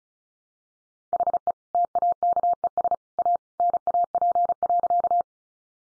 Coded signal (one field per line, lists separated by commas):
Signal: Morse code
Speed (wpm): 34 wpm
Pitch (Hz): 700 Hz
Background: none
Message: HE TAKES A NAP.